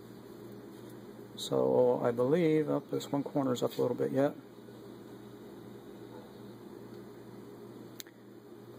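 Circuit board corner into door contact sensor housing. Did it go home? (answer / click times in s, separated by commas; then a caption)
yes / 8.0 s. A raised corner of a circuit board sitting in the plastic housing of a Wyze Sense door contact sensor is pressed down into place. Someone talks over a steady background hum, then a sharp click sounds at 8.0 s as the corner seats, and the board is confirmed down.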